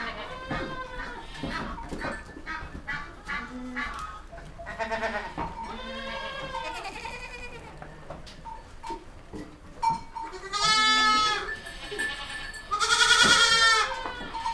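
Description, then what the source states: Goat bleats from several animals, many short nasal cries followed by two long, loud, wavering bleats near the end. Goats recorded in a goat stable.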